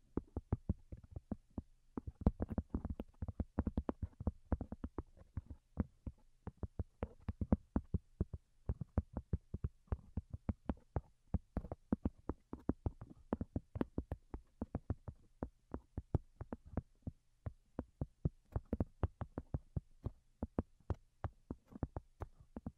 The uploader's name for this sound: Most Delicate and Calming Tapping